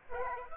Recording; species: mosquito wingbeat signal from an infrared sensor; Aedes aegypti